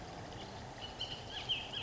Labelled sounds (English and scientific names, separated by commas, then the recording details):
Bullock's Oriole (Icterus bullockii)
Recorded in Sonoma County, California